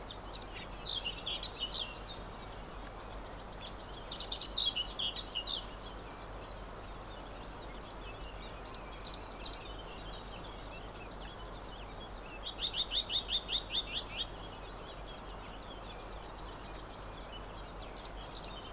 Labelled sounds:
Common Whitethroat song
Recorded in the wild
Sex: male
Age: adult
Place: Spittal an der Drau, Drautal, Kärnten, AT
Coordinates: 46.7917, 13.4958
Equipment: Uher 4000, Philips Mikrofon Type EL 6020, Kopie DAT
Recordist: Brunner, Thomas

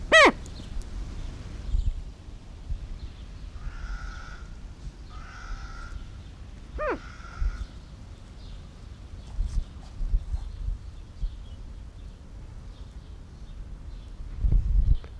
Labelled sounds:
Greater Prairie Chicken call
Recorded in captivity
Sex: male
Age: adult
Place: Tierpark Berlin, Berlin, DE
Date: 1994-06-18 11:34
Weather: bedeckt, 12-15°C, dann Regen
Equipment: Marantz CP 430, Sennheiser ME 80, Kopie Uher Variocord 263
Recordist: Tembrock, Günter

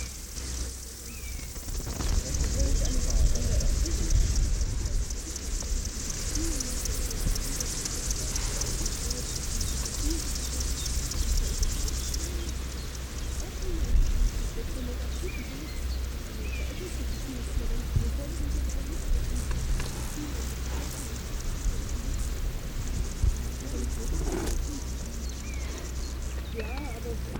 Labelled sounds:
Upland Field Grasshopper stridulation
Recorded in the wild
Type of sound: stridulation
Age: imago
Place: Botanische Anlage Blankenfelde, Berlin, DE
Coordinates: 52.603, 13.4
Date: 1993-07-22
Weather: wechselnd wolkig u. sonnig, 18-20°C
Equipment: Marantz CP 430, Sennheiser ME 80, Kopie Uher Variocord 263
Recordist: Tembrock, Günter
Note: Sequenz

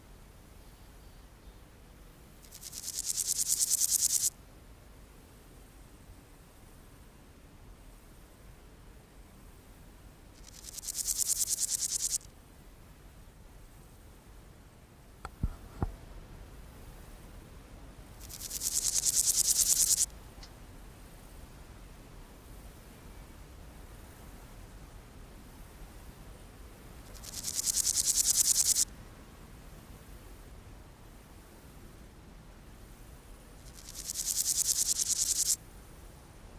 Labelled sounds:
Meadow Grasshopper
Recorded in the wild
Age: imago
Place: Rappelsdorf (b. Schleusingen), Thüringen, DE
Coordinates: 50.5, 10.7167
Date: 1987-08-22 17:27
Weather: sunny, ca. 33,7°C in the sun
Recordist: Tembrock, Günter

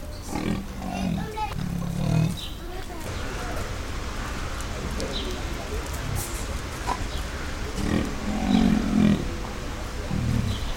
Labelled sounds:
Leopard call
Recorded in captivity
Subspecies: saxicolor
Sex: male
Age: adult
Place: Zoo Berlin, Berlin, DE
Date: 1996-07-28 18:15
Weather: overcast, 23°C
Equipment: Sony MD-WM MZ-R3, Sennheiser ME 80, Kopie Uher 4000 Report Monitor
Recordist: Tembrock, Günter

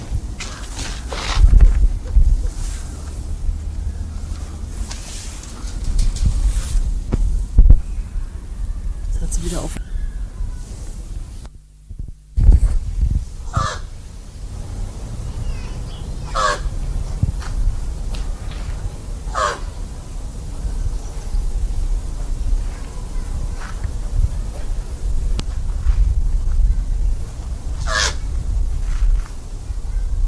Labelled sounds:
Pied Crow call
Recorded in captivity
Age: adult
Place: Zoo Berlin, Berlin, DE
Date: 2007-08-28 18:25
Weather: sunny, 18°C
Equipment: Sony WM-D6C, Sennheiser ME 80, Kopie Uher 4000 Report Monitor
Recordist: Tembrock, Günter

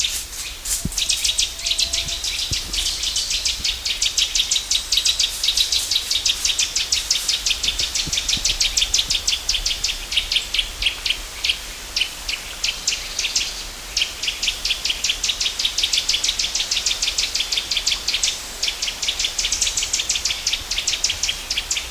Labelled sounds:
Eurasian Nuthatch call
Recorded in the wild
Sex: male
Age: adult
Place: Großer Tornowsee, Märkische Schweiz, Brandenburg, DE
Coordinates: 52.5667, 14.1
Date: 1999-09-15 13:06
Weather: sunny, 18°C
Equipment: Sony WM-D6C, Sennheiser ME 80, Kopie Uher 4000 Report Monitor
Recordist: Tembrock, Günter

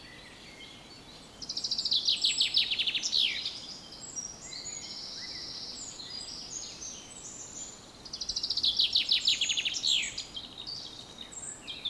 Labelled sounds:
Eurasian Wren
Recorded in the wild
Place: Mühlenbeck, Brandenburg, DE
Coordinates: 52.667, 13.37
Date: 1992-06-08 10:39
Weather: sonnig (heiter) 21-22°C, böiger Wind
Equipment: Nagra SN, Mikrofon AKG CK 8, Kopie Tesla B 116
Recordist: Tembrock, Günter

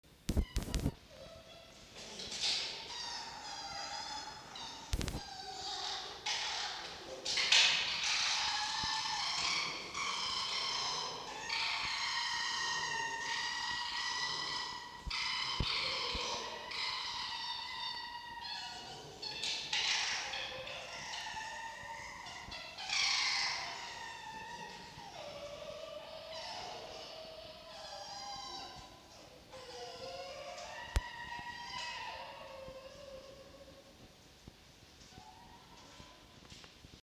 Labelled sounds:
Red Fox
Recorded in captivity
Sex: diverse
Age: juvenile
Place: Zoologisches Institut der HUB, Berlin, DE
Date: 1953-09-04 10:50
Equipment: Elmetra
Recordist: Tembrock, Günter
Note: Quick (auf 15 liegend, Mö, OA): Knätschen; Hansel (auf 16 stehend, Mö, OA): Knätschen

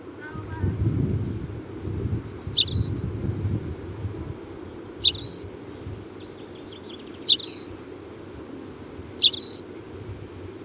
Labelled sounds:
Tawny Pipit
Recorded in the wild
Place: Leszno, Großpolen, PL
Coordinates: 51.842, 16.594
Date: 1987-07-18
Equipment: Nagra III BH, Sennheiser MD 21, parabola
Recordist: Schubert, Michael

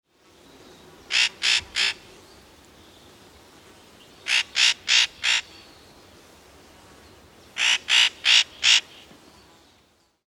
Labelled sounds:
Spotted Nutcracker
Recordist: Tembrock, Günter
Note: Rufe

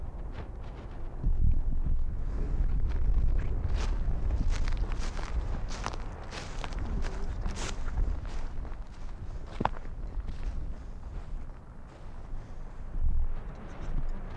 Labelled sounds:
Arctic Fox
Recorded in the wild
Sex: male
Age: adult
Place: Insel Mednyi, Kommandeur-Inseln, RU
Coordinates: 54.5167, 168.083
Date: 1999-08-21
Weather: 11°C, leicht bewölkt, leichter Westwind
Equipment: Sony WM-D6C, Sennheiser ME 80, K 30 AV, Windkorb, Kopie Tascam DA 30
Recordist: Jakupi, Antje
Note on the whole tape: Südosten der Insel, Haupttal, Bambusstange: Bellstrophen Rüde grün/grün 68 an der Bambusstange und Antwortbellen aus Hüttental und Richtung Südost. Zuvor zwei Bellstrophen von Rüden grün/grün und Antwort aus Hüttental ohne Aufzeichnung, z.T. sehr gut

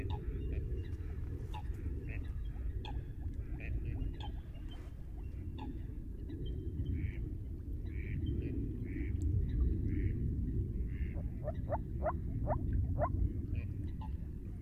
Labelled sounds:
Moor Frog call
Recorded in the wild
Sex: male
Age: adult
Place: Kützerhof, Kummerower See, Mecklenburg-Vorpommern, DE
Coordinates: 53.8497, 12.8825
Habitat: wetland
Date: 2010-04-13 21:35
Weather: klare Nacht, 8°C, windstill, Wassertemperatur 9,8°C
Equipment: Sound Devices 702, zwei Sennheiser MKH 40, Rycote Windschutz
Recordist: Frommolt, Karl-Heinz

